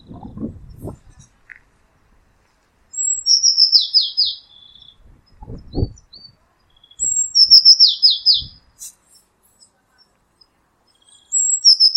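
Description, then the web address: Eurasian blue tit, a high thin note followed by a rapid falling buzzy rattle, given twice, with a third call starting at the end, and low knocking and rustling sounds between and before the calls. "cianscape birddata Deverinetal 2025 File origin Bird Only Cy Ca"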